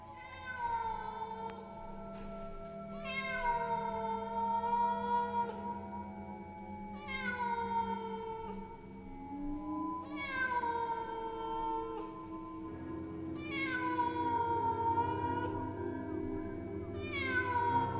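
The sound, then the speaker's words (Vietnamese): A black cat on a grave in a cemetery at night yowls in long, drawn-out wails, about five rising-and-falling cries with a harmonic tone. They repeat at a steady pace over a low, constant background drone, with no talking. “Từ bao giờ trên ngôi mộ của ông cụ đã xuất hiện một con mèo.”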